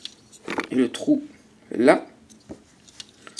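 Someone talks while handling the detached plastic foot of an Age of Extinction Voyager Class Grimlock transforming dinosaur robot figure, lining it up with the small peg and hole of its leg socket. Brief light plastic ticks and taps come through between the words. Nothing has clicked or seated yet when the clip ends.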